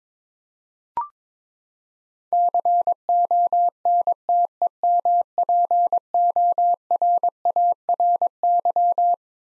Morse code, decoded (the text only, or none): CONTEMPORARY